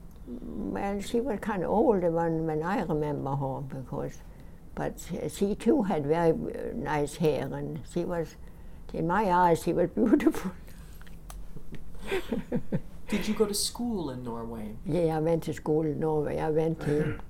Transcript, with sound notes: Well, she was kind of old, when I remember her, because, but she, too, had very nice hair, and she was, in my eyes she was beautiful. ( she laughs )
Did you go to school in Norway?
Yeah, I went to school in Norway. I went to,